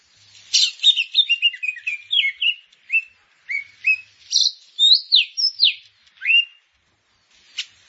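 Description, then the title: Grey-cheeked bulbul: a chattering burst of jumbled notes gives way to separate clear whistles, some sliding down steeply, ending in silence and one sharp click. "Kicau Burung Cucak Jenggot"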